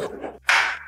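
A thermomagnetic circuit breaker, the fourth one for circuit four, is pressed onto the bus bar of a load center, where it goes in by pressure. A low, muffled rustle fades to near silence, then a sharp snap at 0.5 s shows the breaker seating, followed by a bright, hissy decay.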